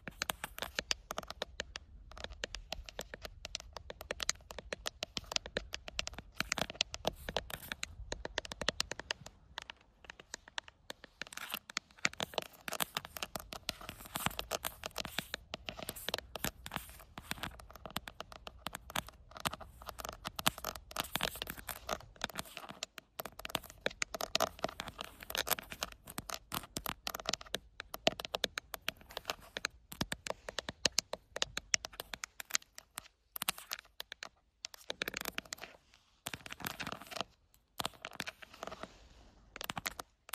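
Rapid, irregular tapping on an outdoor camera continues for the whole stretch, dense bursts of sharp knocks with a few brief quieter gaps.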